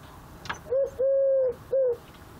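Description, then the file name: Eurasian collared dove giving a single three-part coo, short, long and drawn out, then short, with a faint click just before. "Tourterelle Turque Eurasian Collared Dove Chant"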